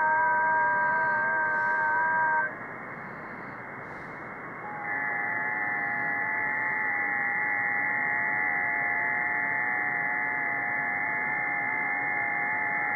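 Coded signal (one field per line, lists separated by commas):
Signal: FT8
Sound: several faint steady warbling tones over hiss, a set of tones changing after a short pause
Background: radio static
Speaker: if you're in sideband it sounds like this [Music] well typically what you've heard is ft8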